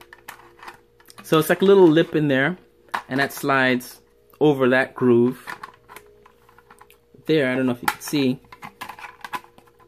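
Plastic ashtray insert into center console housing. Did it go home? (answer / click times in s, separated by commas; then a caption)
no / none. A plastic ashtray insert for a BMW E90 center console is handled at its housing, with its lip positioned to slide over the groove, while someone talks. Small plastic clicks and taps occur throughout the clip. The insert has not seated or clicked into place yet.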